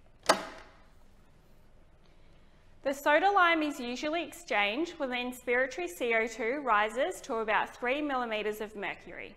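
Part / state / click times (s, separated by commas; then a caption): soda lime absorber canister into anaesthesia machine click adapter / seated / 0.3 s. A plastic soda lime absorber canister is firmly pushed into the click adapter of an anaesthesia machine and seats with a sharp click at 0.3 s. After a quiet pause, someone talks.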